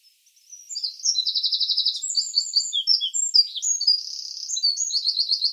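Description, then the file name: Eurasian wren song, loud and very high, opening with a quick trill, then darting squeaky notes, a buzzy rolling trill, and another rapid trill at the end. "Troglodytes troglodytes"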